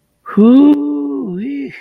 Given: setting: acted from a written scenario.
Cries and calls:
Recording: vocal sound without words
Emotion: relief

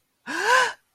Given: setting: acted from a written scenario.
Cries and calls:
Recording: vocal sound without words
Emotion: positive surprise

